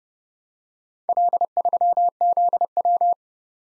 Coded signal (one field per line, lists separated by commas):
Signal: Morse code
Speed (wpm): 29 wpm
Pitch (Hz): 700 Hz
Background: none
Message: L3ZW